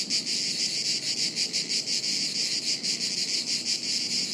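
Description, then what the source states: Cicadas producing a shrill, continuous buzz that swells and fades in about two pulses per second. Chorus of cicadas high in the trees, woods near Sirolo, Italy, hot afternoon, August 23.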